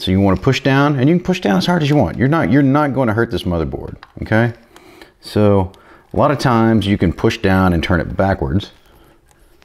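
Someone talks while pressing a spring-loaded captive screw down hard into the threaded socket standoff on a motherboard during an AMD Threadripper CPU installation, turning it backwards to get the thread to catch. Only faint, brief ticks are heard as the speech stops near the end, and nothing has seated or clicked yet.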